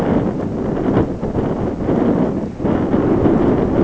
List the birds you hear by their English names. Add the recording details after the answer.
none. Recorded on Arctic tundra, site ZACK-1, on 16 June 2019. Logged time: 07:49